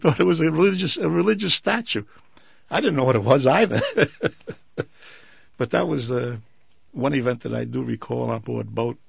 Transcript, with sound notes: They thought it was a religious - a religious statue. I didn't know what it was either. ( he laughs ) But that was one event that I do recall on board boat.